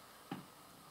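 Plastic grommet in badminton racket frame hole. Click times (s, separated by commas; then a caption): 0.3 s. A grommet removal tool's pin is pressed on a plastic grommet in a badminton racket frame, and the tool is closed to push the grommet out of its hole. A single short click or ping sounds at 0.3 s against a quiet background. The grommet is released and pops out of the frame hole.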